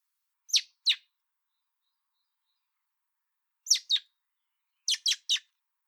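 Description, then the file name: Common blackbird calling in clipped high chinks, two pairs followed by a rapid triplet, over a quiet background. "Turdus merula"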